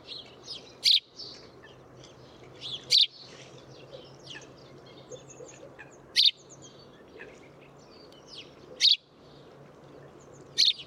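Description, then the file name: House sparrow uttering loud single chirps at irregular intervals, with fainter chirps and twitters between them and a constant low hum. "Passer domesticus"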